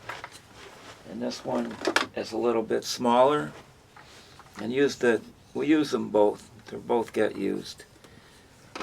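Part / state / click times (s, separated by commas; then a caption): vacuum cleaner attachment onto the wand/hose / seated / 8.8 s. A smaller plastic vacuum cleaner attachment is pushed onto the end of the wand or hose while someone talks. It snaps into place with a short click at 8.8 s, seated the same way as the previous attachment.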